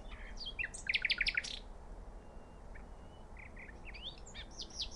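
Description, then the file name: Common nightingale song: a loud, rapid stuttering phrase near the start, followed by softer scattered whistled notes against a low rumbling background. "Luscinia megarhynchos"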